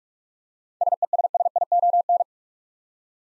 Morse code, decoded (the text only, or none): SESSION